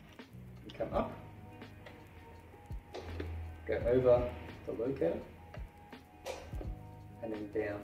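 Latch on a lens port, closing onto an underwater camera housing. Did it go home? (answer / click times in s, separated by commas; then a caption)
no / none. Someone talks over music while bringing the unlocked latches of a lens port up and over their locating points on an Aquatech Edge underwater camera housing, lining them up before closing and pressing them down. Only soft handling sounds are heard, and nothing has clicked into place yet.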